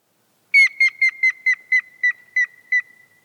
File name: Jelmer Poelstra - Sedoj dyatel Picus canus